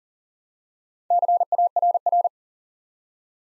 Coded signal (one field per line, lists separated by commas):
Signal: Morse code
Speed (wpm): 43 wpm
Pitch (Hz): 700 Hz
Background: none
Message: CARR